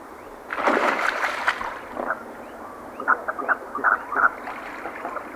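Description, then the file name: Merganser calls, a splashy rush of noise followed by four or five short hoarse notes in quick succession. "Typical mergansers"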